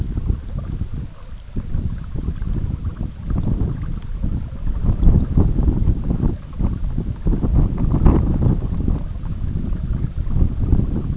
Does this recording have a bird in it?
no